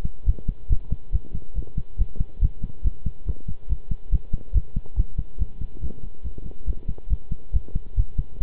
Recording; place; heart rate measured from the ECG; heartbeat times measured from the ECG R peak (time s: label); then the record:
heart sounds by stethoscope; between the tricuspid and mitral areas; 140 bpm
0.26 s: heartbeat
0.69 s: heartbeat
1.12 s: heartbeat
1.55 s: heartbeat
1.98 s: heartbeat
2.41 s: heartbeat
2.84 s: heartbeat
3.26 s: heartbeat
3.69 s: heartbeat
4.12 s: heartbeat
4.54 s: heartbeat
4.97 s: heartbeat
5.39 s: heartbeat
5.81 s: heartbeat
6.24 s: heartbeat
6.66 s: heartbeat
7.10 s: heartbeat
7.53 s: heartbeat
7.97 s: heartbeat
8.40 s: heartbeat
From the record:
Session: pedaling a stationary bicycle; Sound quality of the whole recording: good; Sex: male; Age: 23 years